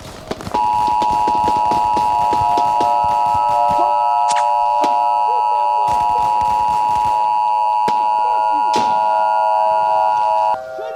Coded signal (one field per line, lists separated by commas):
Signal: Emergency Alert System (SAME) tones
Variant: 853 and 960 Hz attention tone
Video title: eas: Cuba invades Florida